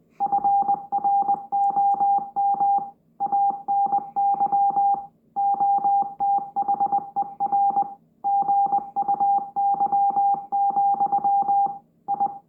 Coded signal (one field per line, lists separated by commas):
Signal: Morse code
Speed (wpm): 20 wpm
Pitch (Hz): 800 Hz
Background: music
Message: FROM ANY OTHER GUY, I